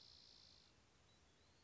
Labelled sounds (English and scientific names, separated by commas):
Spotted Towhee (Pipilo maculatus)